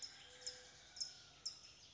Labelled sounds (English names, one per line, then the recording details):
California Towhee
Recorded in Sonoma County, California